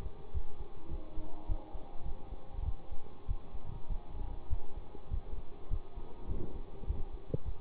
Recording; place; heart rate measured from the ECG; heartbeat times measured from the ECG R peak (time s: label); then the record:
heart sounds by stethoscope; between the tricuspid and mitral areas; 101 bpm
0.33 s: heartbeat
0.90 s: heartbeat
1.48 s: heartbeat
2.04 s: heartbeat
2.65 s: heartbeat
3.27 s: heartbeat
3.88 s: heartbeat
4.49 s: heartbeat
5.10 s: heartbeat
5.69 s: heartbeat
6.28 s: heartbeat
6.86 s: heartbeat
7.44 s: heartbeat
From the record:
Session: bicycle stress test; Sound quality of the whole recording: good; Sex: male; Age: 24 years